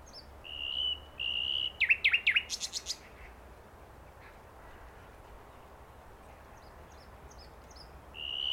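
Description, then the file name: Common nightingale song: two sustained whistled notes, a burst of sharp zigzag chirps and buzzy notes, then a quiet gap and another whistle. "Luscinia megarhynchos"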